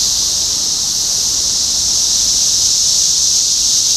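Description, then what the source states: Cicadas produce a steady, intense high-pitched whirring drone without pause. Cicadas in Topeka, Kansas, USA, on 14 June 2015.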